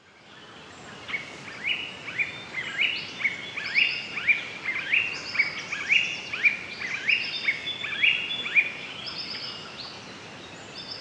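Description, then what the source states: Tawny-breasted honeyeater giving a run of sharp upslurred calls, mixed with thin higher whistles, against a constant hissing background. Recorded in Papua New Guinea.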